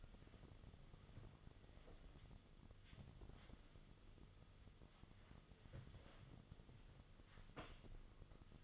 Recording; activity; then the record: daily activity, microphone in the room; wipe stove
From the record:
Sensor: 4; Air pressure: 1005.6 hPa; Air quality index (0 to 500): 108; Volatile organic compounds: 3 ppm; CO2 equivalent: 1356 ppm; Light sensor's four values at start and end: 12/26/10/10 and 12/26/10/10